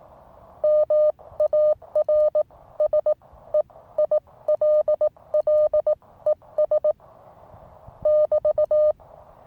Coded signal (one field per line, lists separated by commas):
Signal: Morse code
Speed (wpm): 18 wpm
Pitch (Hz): 610 Hz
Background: none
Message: MARSEILLES <BT>